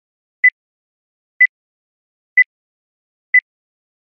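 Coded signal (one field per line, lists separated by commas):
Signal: none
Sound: a stream's intro beeps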